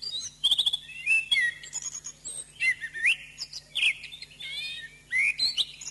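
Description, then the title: Oriental magpie-robin song, a rich varied run of clear whistles, rising slurs and quick chattering notes in bursts, with a faint steady low hum underneath. "Kicau Kacer"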